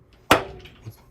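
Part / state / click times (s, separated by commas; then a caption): shower fixture into its latch in an RV shower / seated / 0.3 s. In the shower of a 2022 Keystone Cougar Half-Ton 27SGS RV, a shower fixture is pressed down into its latch so it won't bounce back up. A faint light click at 0.1 s is only the fixture being set down, then a sharp, much louder click at 0.3 s rings out and decays, followed by a soft low knock near 0.9 s. The stronger click means the fixture is seated and fully locked in.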